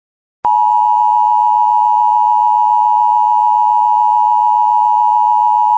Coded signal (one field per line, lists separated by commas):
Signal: Emergency Alert System (SAME) tones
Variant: 853 and 960 Hz attention tone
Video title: [RARE] DESTRUCTIVE STORM SVR [80mph winds] + 2 EAS Tests (EAS #128-130)